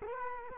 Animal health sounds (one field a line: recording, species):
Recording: mosquito wingbeat signal from an infrared sensor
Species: Culex quinquefasciatus